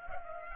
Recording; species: mosquito wingbeat signal from an infrared sensor; Culex pipiens